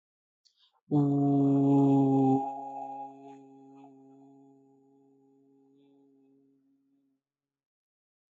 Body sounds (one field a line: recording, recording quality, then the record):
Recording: sustained vowel as in boot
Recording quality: excellent, no background noise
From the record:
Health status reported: healthy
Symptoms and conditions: none ticked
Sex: male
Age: 22 years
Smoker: not ticked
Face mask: not worn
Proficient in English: yes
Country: India